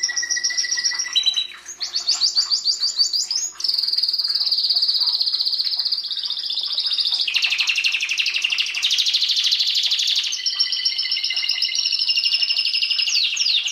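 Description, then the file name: Canary song: long sustained high trills and rattling rolls that shift pitch between sections, with a brief whistled note early on, loud and nearly continuous. "Canary Voice"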